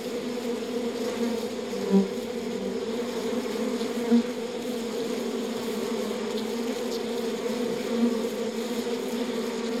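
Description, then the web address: Bee buzzing: constant low droning hum from many bees, with a few brief louder buzzes. Bees at a beehive. "bees beehive animal insect"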